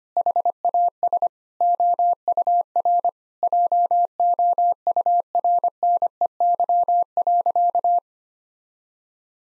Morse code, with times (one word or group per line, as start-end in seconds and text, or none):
0.2-1.3 HAS
1.6-3.1 OUR
3.4-8.0 JOURNEY.